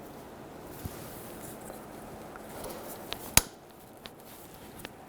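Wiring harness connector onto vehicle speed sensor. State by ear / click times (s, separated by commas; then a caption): seated / 3.4 s. A plastic wiring harness connector is pushed onto the new vehicle speed sensor on the transmission of a 2003-2008 Honda Pilot. Faint handling noises and small ticks lead up to one sharp, loud click at 3.4 s, followed by a few lighter taps. The connector clicks and is seated on the sensor.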